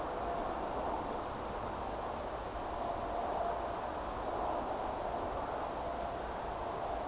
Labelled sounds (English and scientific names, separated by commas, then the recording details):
Common Blackbird (Turdus merula)
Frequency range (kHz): Common Blackbird (Turdus merula) 5.7-7.8 kHz
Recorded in France